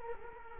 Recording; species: mosquito wingbeat signal from an infrared sensor; Culex quinquefasciatus